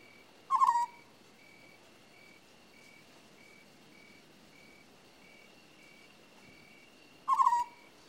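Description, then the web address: African scops owl repeating a short purring trill, two calls roughly seven seconds apart, with a faint rhythmic pulsing tone and soft hiss between them. "The BBC Sound Effects Library. African Scops Owl"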